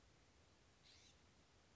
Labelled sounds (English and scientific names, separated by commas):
California Scrub-Jay (Aphelocoma californica)